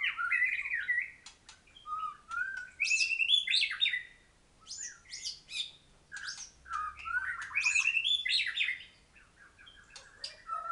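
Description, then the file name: White-rumped shama singing energetic bursts of varied whistles, harsh chatters and sharp clicks, separated by brief silent pauses. Thailand. "suara murai thailand"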